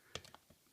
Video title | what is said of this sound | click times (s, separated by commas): Shuriken Sentai Ninninger Chouzetsu Shyoubu Changer Review | go ahead and just pop this guy on here he'll click right in | 0.2 s